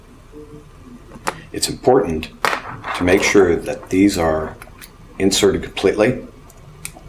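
A network patch cable with a plastic RJ45-style plug is handled at a printer's port while someone talks, with brief sharp handling ticks near 1.3, 6.5 and 6.9 seconds. The plug has not gone home yet, and nothing has seated or clicked in the port.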